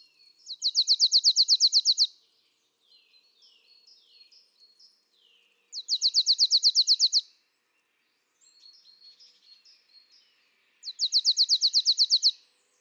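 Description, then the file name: Marsh tit producing three loud bursts of quick, high, repeated notes, with softer twittering notes filling the pauses between them. "Poecile palustris"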